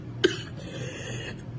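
One sharp, abrupt cough from an adult woman, then about a second of strained, breathy, rasping air. She is in intensive care, rushed to hospital from work after she could not stop coughing, with her body not getting enough oxygen.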